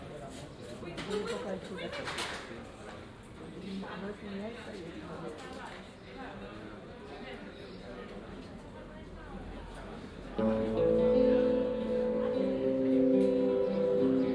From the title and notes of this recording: Mondoñedo Square. A local busker, espressos and napolitanas, the comings and goings of a town plaza. Ambient sound recorded along del Norte, the northern coastal route of the Camino de Santiago network of pilgrimage paths converging in Spain. These tiny meditations are made with binaural microphones, creating an immersive hyper-realistic listening experience.